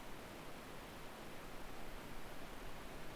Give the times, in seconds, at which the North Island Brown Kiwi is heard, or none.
none